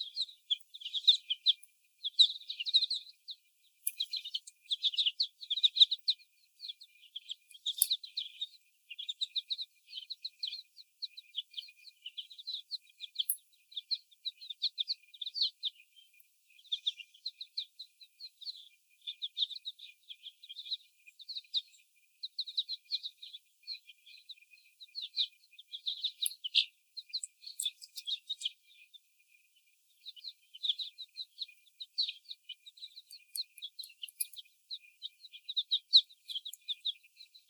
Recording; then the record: young laying hens in a cage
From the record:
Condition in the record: before the stressor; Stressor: sudden umbrella opening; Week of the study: 1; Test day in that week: 1